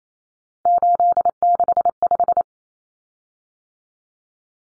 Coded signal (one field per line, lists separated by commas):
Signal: Morse code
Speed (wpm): 28 wpm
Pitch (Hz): 700 Hz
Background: none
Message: 865